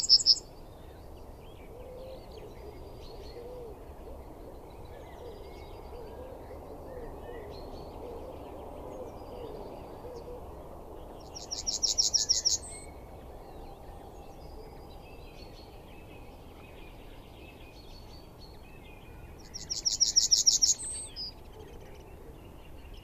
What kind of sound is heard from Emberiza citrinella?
song